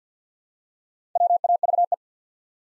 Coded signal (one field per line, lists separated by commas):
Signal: Morse code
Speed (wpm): 52 wpm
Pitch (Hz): 700 Hz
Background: none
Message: WAVE